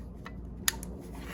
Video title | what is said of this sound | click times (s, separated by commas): Jeep Wrangler JK Headlight Bulb Change | And you heard it just there, a nice good click. | 0.7 s